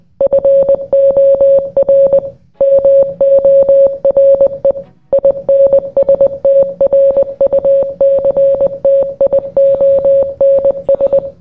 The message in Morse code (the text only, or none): FOR MORE INSTRUCTIONS